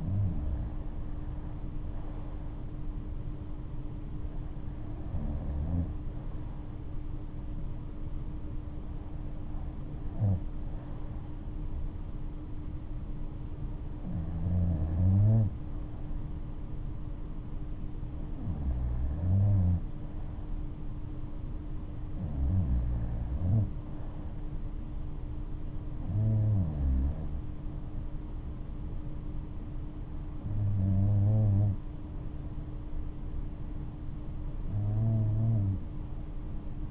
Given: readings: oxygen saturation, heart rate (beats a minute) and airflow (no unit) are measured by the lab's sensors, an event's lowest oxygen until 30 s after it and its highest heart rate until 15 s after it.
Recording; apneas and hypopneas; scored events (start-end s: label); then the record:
breathing in sleep by a smartphone at the bedside; none
none scored
From the record:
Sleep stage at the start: REM sleep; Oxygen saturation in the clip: 95 to 96%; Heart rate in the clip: 69 to 76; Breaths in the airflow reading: 9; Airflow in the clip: -9.4 to 10.3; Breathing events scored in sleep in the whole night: 228 in 5.4 hours asleep